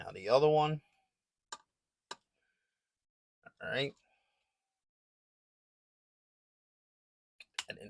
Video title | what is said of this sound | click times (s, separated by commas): Review of the Hordak action figures from Masters of the Universe Masterverse New Etheria by Mattel | there it is. That snapped in. | 7.6 s